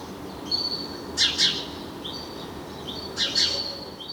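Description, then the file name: House Sparrow giving paired, rasping chirps twice, about two seconds apart, with quieter high notes before each pair. "Passer domesticus"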